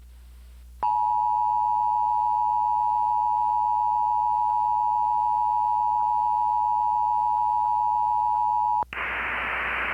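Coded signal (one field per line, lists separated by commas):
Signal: Emergency Alert System (SAME) tones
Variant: 853 and 960 Hz attention tone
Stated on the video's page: Recreational mock civil emergency message for flash flooding, not a real alert.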